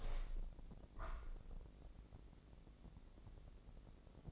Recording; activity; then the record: daily activity, microphone in the room; open window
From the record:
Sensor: 5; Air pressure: 1012.4 hPa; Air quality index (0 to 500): 160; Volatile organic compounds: 2 ppm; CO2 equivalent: 1086 ppm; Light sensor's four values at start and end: 67/161/66/69 and 67/161/66/69